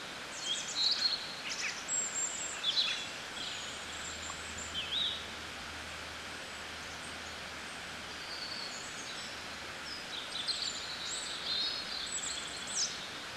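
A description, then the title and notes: Birdsong rings out over a steady, gentle rush of flowing river water in the countryside. Bright chirps and short trills come in clusters, busiest in the first three seconds and again after about ten seconds, with a quieter stretch in between where only the water continues. Birdsong and Gentle River. Ambient sounds of Spring birdsong area gently flowing river in the countryside of Scotland.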